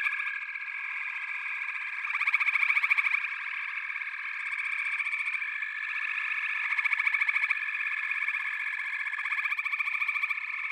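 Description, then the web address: Frog chorus: many frogs giving dense, rapidly pulsed trilling calls that overlap continuously, swelling in louder bursts every few seconds. "Sleep Sounds of Nature FROGS. Frog Chorus"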